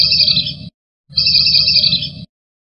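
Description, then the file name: Wandering whistling duck giving two harsh, high, buzzy whistled bursts with a brief silent gap between them. "audio-burung-belibis-kembang -omkicau"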